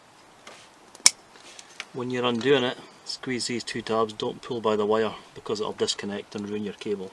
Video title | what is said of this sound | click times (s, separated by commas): Classic Mini spi/mpi: Turning Your Phone Into A Diagnostic Tool | push it until it clicks on please when | 1.1 s